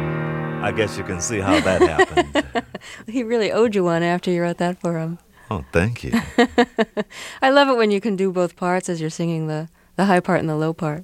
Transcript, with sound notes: I guess you can see how that happened.
(Laughter) He really owed you one after you wrote that for him.
Oh, thank you.
(Laughter) I love it when you can do both parts as you're singing the high part and the low part.